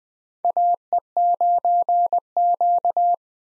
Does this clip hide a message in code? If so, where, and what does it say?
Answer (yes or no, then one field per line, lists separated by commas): yes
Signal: Morse code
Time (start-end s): 0.4-3.1 s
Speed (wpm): 21 wpm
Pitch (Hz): 700 Hz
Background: none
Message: AE9Q